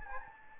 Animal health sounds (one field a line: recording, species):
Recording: mosquito wingbeat signal from an infrared sensor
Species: Anopheles gambiae